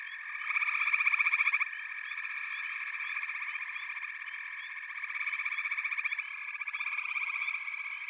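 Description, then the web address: Frogs in full chorus, overlapping pulsed trills, one loud rapid burst early on, then steady calling with periodic swells. A chorus of frogs calling together. "The Natural Sounds of the Wilderness. Echoes of Nature - Frog Chorus"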